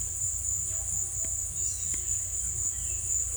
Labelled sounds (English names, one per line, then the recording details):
none
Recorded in secondary vegetation near Puerto Asís, Putumayo, Colombia, on 18 December 2024 at 17:00
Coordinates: 0.488, -76.319
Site GP04